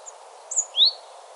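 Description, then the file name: Great tit calls: a tiny high note, then a thin high whistle sliding downward and a second clear whistle sweeping upward, all within a second, with soft background hiss. "Parus major"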